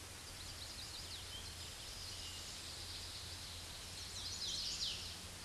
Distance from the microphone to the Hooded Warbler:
about 30 m